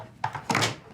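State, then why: Seated. A plastic piece with two curved pins is pushed into sockets on the body of a G.I. Joe Cobra Rattler toy jet and clicks into place at 0.2 s. A sharp snap is followed by a smaller tap and a brighter knock around 0.5 s, and the piece ends up seated.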